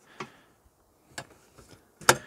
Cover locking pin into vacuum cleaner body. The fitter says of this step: dobra zaskoczył tutaj ten bolec wciskam przycisk zamykam okej